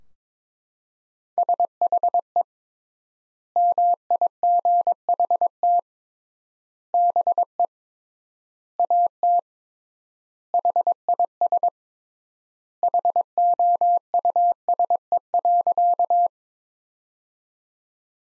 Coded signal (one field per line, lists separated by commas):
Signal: Morse code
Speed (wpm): 22 wpm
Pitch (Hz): 700 Hz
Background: none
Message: SHE MIGHT BE AT HIS HOUSE.